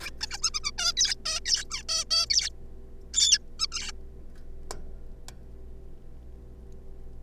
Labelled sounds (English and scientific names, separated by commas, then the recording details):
Zebra Finch (Taeniopygia guttata)
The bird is a juvenile
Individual R3549